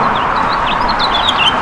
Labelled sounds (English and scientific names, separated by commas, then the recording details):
House Finch (Haemorhous mexicanus) song
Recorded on Long Island, New York, on 18 June 2012
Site BA
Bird C